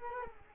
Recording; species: mosquito wingbeat signal from an infrared sensor; Culex quinquefasciatus